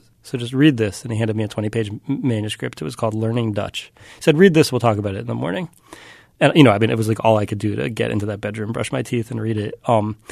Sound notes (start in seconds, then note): none